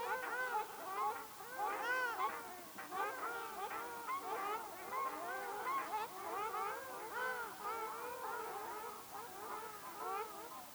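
Ruddy shelducks in a steady, crowded chorus of harmonic honking calls with hardly any gaps.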